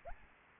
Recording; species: mosquito wingbeat signal from an infrared sensor; Anopheles arabiensis